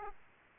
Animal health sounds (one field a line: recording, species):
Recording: mosquito wingbeat signal from an infrared sensor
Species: Aedes aegypti